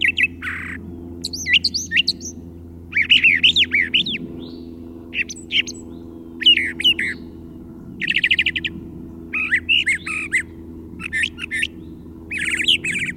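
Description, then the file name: Brown thrasher singing a long varied string of short phrases with sliding whistles and buzzy trills, over a low hum. Chirping song. "suara-kicauan-brown-trasher 1-omkicau"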